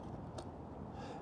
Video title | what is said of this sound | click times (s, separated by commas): New Problems-New Year - DIY Sprinter Van Intercooler Hose Repair-2019+ - Southbound Ep. 15 | and it pops up | 0.4 s